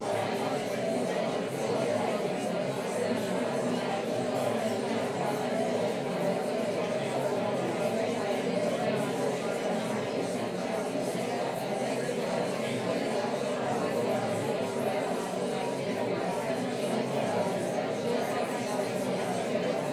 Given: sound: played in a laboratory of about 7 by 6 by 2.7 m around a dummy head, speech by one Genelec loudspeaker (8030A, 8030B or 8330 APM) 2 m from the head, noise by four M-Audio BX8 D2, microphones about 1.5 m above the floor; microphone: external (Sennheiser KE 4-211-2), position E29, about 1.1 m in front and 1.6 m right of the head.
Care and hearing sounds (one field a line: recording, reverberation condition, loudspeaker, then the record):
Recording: babble noise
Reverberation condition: medium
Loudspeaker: four, about 170 cm from the corners of the room and facing them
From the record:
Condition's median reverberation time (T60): about 510 ms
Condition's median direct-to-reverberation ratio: about -0.5 dB